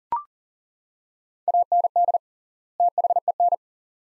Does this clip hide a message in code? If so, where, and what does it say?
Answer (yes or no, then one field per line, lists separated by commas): yes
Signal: Morse code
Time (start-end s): 1.5-3.5 s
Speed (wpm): 40 wpm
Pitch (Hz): 700 Hz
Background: none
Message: AND THEN